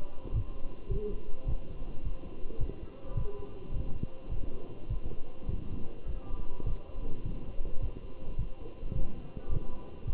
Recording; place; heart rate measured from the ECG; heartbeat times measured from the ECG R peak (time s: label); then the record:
heart sounds by stethoscope; between the tricuspid and mitral areas; 105 bpm
0.34 s: heartbeat
0.91 s: heartbeat
1.48 s: heartbeat
2.05 s: heartbeat
2.61 s: heartbeat
3.17 s: heartbeat
3.74 s: heartbeat
4.31 s: heartbeat
4.90 s: heartbeat
5.49 s: heartbeat
6.08 s: heartbeat
6.67 s: heartbeat
7.25 s: heartbeat
7.82 s: heartbeat
8.39 s: heartbeat
8.95 s: heartbeat
9.51 s: heartbeat
10.07 s: heartbeat
From the record:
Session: walking at 3.7 km/h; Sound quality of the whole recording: good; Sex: male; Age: 27 years